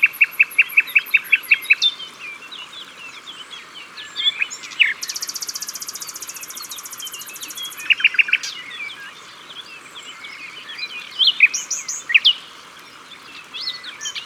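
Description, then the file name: Common nightingale singing loud repeated-note phrases, then a long high buzzy rattle lasting about three seconds, followed by varied chirps and trills; other birdsong continues. At the water's edge. "Rossignol philomele Au bord de leau"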